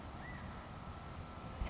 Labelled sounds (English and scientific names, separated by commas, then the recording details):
California Quail (Callipepla californica)
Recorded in Sonoma County, California